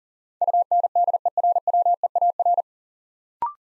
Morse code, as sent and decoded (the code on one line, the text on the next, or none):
..- -. -.. . .-. .-- . .- .-.
UNDERWEAR